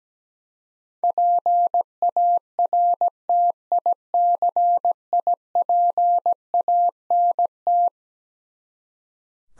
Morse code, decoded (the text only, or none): PARTICIPANT